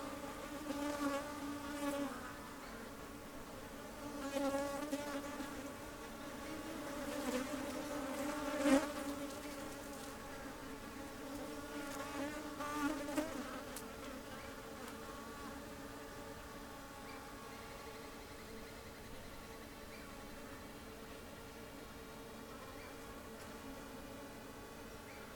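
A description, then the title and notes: Night beside Taylor Lake: a steady, insect-like buzzing drone hums throughout, with brief louder crackles in the first thirteen seconds before settling evenly. This was recorded on a cloudy night beside Taylor Lake in the Russian Wilderness, Klamath National Forest, Siskiyou County, California. The recording starts at around midnight and continues until sunrise. The night was fairly calm with a faint breeze blowing through the treetops. Midnight Till Morning Beside Taylor Lake.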